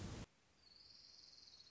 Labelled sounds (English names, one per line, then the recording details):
Orange-crowned Warbler
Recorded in Sonoma County, California